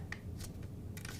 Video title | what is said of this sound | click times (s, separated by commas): Best Boot Knives For Self Defense - Top 10 Boot Knives in 2023 | this snaps into place and goes onto your belt with a clip right here. | 0.1 s